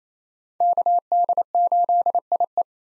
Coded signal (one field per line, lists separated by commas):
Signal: Morse code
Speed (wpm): 27 wpm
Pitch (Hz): 700 Hz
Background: none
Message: KD8IE